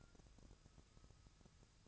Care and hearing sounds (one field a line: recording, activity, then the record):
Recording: daily activity, microphone in the room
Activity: take from stove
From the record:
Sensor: 2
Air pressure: 999.1 hPa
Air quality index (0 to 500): 197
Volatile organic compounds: 28 ppm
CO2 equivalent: 2907 ppm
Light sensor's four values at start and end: 6/15/6/6 and 6/15/6/6